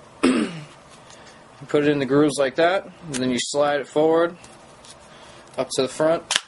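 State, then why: Not seated. The two rails of a Contour HD 1080p helmet/goggle camera are being slid along the grooves of a plastic mount toward the front while someone talks, with a sharp handling sound near the start. The clip ends before the rails lock at the front, so nothing has seated or clicked yet.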